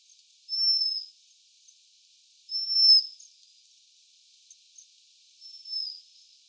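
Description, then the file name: Japanese waxwing calls: three thin, high sibilant notes two to three seconds apart, against a quiet background. Tottori, Japan, 11 December 2013. "hirenjaku 131211 tottori kuroda"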